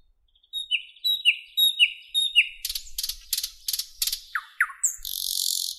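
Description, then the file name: Nightingale delivering repeated sliding whistles, then a run of loud percussive clicks, two low swooping notes and a final harsh rasping burst. "Penie Solovja"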